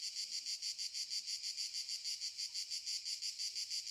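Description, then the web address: Cicadas make a loud, shrill, rasping buzz beating in rapid, even pulses. Cicadas stridulating very loudly in summer fields in the morning. "Sculp Tunes - Summer in the field - Crickets and Cicadas"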